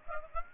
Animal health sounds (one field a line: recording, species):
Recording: mosquito wingbeat signal from an infrared sensor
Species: Aedes aegypti